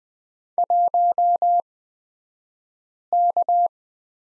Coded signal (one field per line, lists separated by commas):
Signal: Morse code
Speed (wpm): 20 wpm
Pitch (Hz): 700 Hz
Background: none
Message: 1K